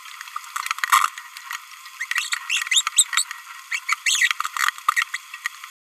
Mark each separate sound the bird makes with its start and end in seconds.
1.99-2.06, 2.50-2.63, 2.72-2.81, 2.97-3.03, 3.16-3.24, 3.70-3.79, 3.89-3.94, 4.06-4.30, 4.97-5.03, 5.14-5.17